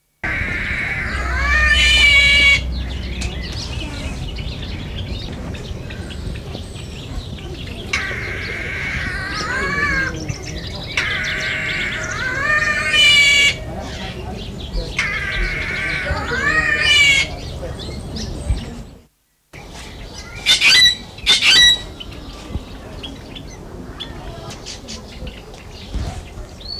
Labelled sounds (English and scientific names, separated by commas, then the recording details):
Short-tailed Green Magpie (Cissa thalassina) call
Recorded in captivity
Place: Vogelpark Walsrode, Niedersachsen, DE
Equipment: Halbspur, 9,5 cm/s
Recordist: Lütgens, Hans
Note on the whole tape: Rufe